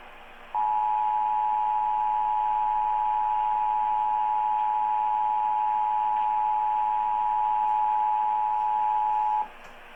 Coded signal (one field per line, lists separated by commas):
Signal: Emergency Alert System (SAME) tones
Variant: 853 and 960 Hz attention tone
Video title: EAS Test Alert | Central iPAWS Test 11 AM KNGO 1480